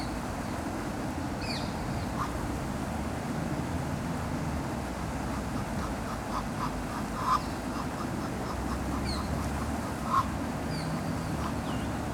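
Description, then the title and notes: Duck quacks in a loose repeated series with a couple of louder single quacks, heard over the continuous roar of a fountain. Ducks at the Ixelles ponds (Les étangs d'Ixelles), Brussels, Belgium, recorded beside a fountain. "Av. du Général de Gaulle 21, 1050 Ixelles, Belgique - Ducks and Fountain. Ducks speech and foutain at Les étangs d'Ixelles"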